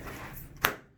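The front edge of an acrylic bench sheet on a Sunquest/Sunvision tanning bed is pushed into its suction groove, with soft rubbing and handling noise at first. A sharp, bright snap at 0.7 s marks the edge seating in place, and then the sound fades to quiet.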